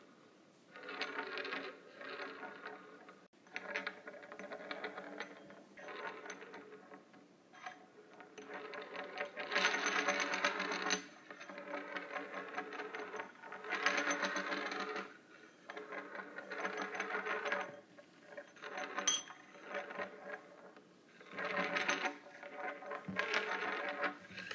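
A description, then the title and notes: Metal straws clink and rattle together in bursts every couple of seconds, bright and jingly, with a quiet pause around three seconds. ASMR Using Metal Straws.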